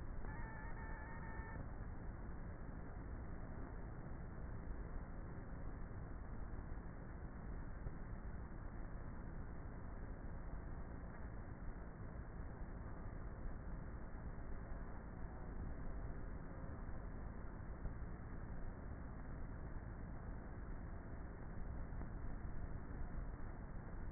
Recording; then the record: honeybee colony, microphone inside the hive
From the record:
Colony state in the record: queenless with a low population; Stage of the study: before two queens were removed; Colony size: about 30,000 bees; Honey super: no